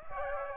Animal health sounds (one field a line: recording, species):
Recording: mosquito wingbeat signal from an infrared sensor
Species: Aedes aegypti